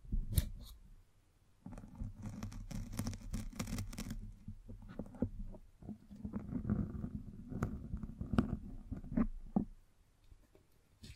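A microphone is brushed and scratched, giving dense, rough rubbing that is heavy in the low end with sharp bright scrapes on top. Bursts run from about 1.5 to 4 seconds and again from 6 to 10 seconds, with quieter gaps and a few sharp clicks.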